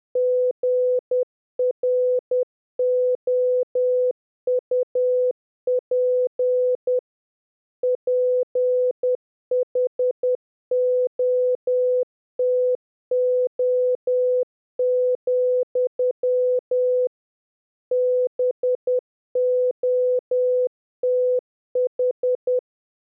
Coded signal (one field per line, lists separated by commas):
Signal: Morse code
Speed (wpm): 10 wpm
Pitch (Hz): 500 Hz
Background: none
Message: GROUP PHOTO, BOTH